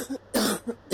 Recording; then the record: coughing mixed with background sound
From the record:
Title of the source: 60 coughing still (deep and wet cough)